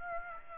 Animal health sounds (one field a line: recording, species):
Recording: mosquito wingbeat signal from an infrared sensor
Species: Aedes aegypti